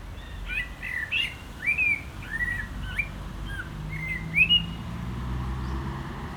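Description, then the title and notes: Common blackbird song, a run of rich fluty warbled phrases in quick succession with squeaky high notes, faint traffic hum beneath. Singing in a barranco at Agaete, Las Palmas, Spain, with cars on a nearby road; recorded with DPA 2006c microphones in AB position into a MixPre-3. "Agaete, Las Palmas, Espagne - Blackbird singing in the barranco. Un merle chante dans le barranco, voitures sur la route pas loin"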